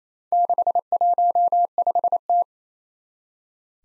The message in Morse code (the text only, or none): 615T